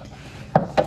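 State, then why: Stripped. A 1/4-20 screw is over-tightened into a threaded hole on a car part, and a loud crack is heard at 0.6 s, followed by a second crack near 0.8 s. The threads give way and strip, leaving the screw loose with material chipped away.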